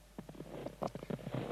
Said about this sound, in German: Das Stapfen durch den Schnee.